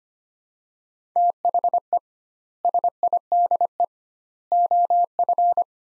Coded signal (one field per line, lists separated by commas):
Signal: Morse code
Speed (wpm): 25 wpm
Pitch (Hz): 700 Hz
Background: none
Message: THE SIDE OF